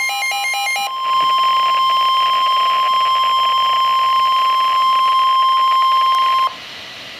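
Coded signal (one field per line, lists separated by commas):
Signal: Emergency Alert System (SAME) tones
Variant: 1050 Hz attention tone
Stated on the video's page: NOAA Weather Radio alert relayed by Maryland transmitters on 162.400 and 162.500 MHz.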